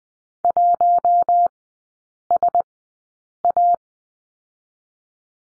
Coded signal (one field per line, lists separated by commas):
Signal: Morse code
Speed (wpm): 20 wpm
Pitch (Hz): 700 Hz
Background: none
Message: 1SA